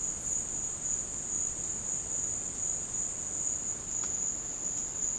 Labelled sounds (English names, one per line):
none